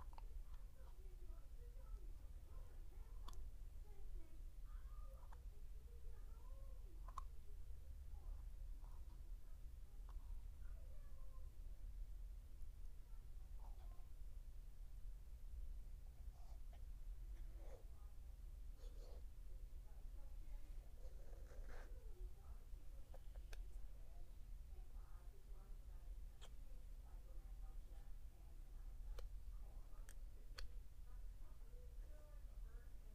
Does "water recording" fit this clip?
no